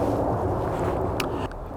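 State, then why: Seated. The top clamp of a Manfrotto Digital Director tablet mount, holding an iPad on the camera-control unit, is pushed down once after the iPad is slid onto the mount's Lightning connector. Over steady broadband background noise, a sharp click lands at 1.2 s and a fainter one at 1.5 s. The clamp snaps down and the iPad is seated and secured.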